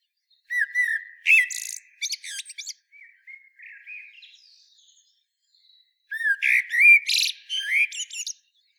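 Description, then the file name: Common blackbird song: two rich whistled phrases about six seconds apart, each rising into high rapid squeaky twittering, with a soft rambling warble between them. "Turdus merula"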